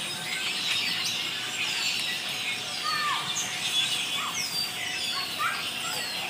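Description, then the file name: Birds calling in a busy chorus: sharp downslurred whistles and chirps stand out over a steady high twittering background. Birds described as going absolutely crazy. "birds going absolutely crazy pt 2"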